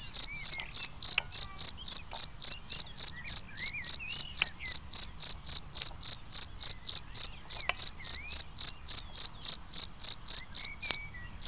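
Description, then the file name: Cricket chirping continuously, bright high pulses nearly four per second throughout. "Le chant du grillon"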